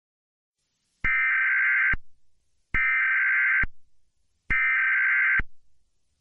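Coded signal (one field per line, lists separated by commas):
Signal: Emergency Alert System (SAME) tones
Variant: header bursts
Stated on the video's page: Simulated EAS scenario.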